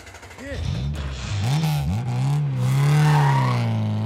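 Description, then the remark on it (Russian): A car engine revs up in a few rising surges, then settles into a steady, loud hum as relatives drive the vehicle away. “Родственники сели в машину и уехали.”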